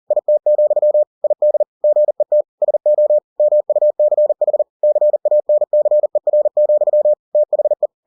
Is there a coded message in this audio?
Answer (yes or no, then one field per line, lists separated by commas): yes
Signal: Morse code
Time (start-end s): 0.1-7.9 s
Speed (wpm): 40 wpm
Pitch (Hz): 600 Hz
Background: none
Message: IT, ID GET SO MUCH CANCER, THE